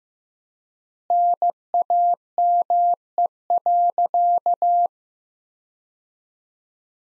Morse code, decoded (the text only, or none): NAME.